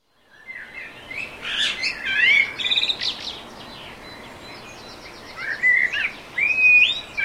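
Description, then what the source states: Birds in a dawn chorus: several overlapping high chirps, trills and whistled phrases begin after a brief silence, with louder bursts near the start and again toward the end. Dawn chorus; production sound effect.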